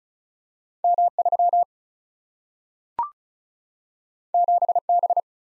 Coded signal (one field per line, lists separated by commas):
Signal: Morse code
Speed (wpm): 36 wpm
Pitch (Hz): 700 Hz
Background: none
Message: M3 7B